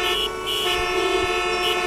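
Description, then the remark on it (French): Car horns honk continuously in a traffic jam on the 10, a loud, steady, buzzing blare with overlapping tones that shift slightly, plus a couple of dull low thumps underneath. “C'était les bouchons sur la 10”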